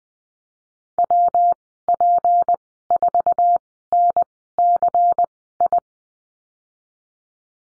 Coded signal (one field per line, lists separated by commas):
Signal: Morse code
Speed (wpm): 20 wpm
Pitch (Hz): 700 Hz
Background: none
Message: WP4NCI